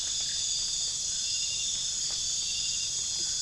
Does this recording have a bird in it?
no